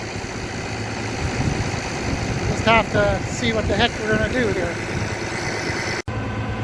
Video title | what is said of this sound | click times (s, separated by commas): Got moles?... starting a new project part I | doesn't seem to want to lock in there but I guess we'll figure something out | none